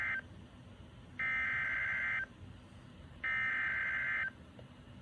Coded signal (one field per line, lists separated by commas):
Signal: Emergency Alert System (SAME) tones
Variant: header bursts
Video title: A Rude Awakening - EAS Alerts from 4/3/25 || EAS 1,688-1,700